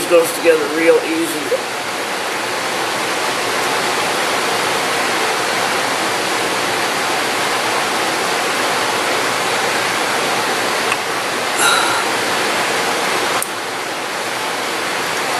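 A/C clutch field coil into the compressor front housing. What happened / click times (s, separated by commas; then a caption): The part is being handled and has not seated yet / none. Someone talks briefly at the start while handling an A/C compressor clutch field coil (magnet) for a Celica/Matrix whose air conditioning is not working, fitting it toward the compressor front housing. A steady broadband hiss fills the rest of the clip, with a brief sharp sound near 13.4 s, after which the noise level drops slightly. The coil has not seated or clicked into the housing yet.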